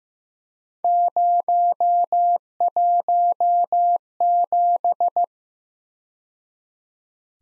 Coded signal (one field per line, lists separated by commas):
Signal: Morse code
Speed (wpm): 18 wpm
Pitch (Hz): 700 Hz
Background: none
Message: 017